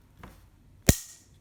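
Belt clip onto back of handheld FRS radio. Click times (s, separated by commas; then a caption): 0.9 s. A plastic belt clip is slid bottom to top into the slots on the back of a handheld FRS radio. A faint tick at 0.2 s leads up to one sharp, bright click at 0.9 s, spanning low to high pitch and fading over about a quarter second. The clip latches onto the radio with a firm, positive click.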